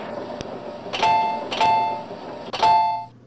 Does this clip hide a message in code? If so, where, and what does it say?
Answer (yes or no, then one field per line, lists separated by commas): no